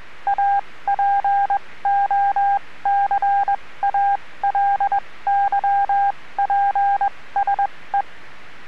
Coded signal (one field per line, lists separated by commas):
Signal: Morse code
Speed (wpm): 21 wpm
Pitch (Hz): 800 Hz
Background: radio noise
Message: APOCALYPSE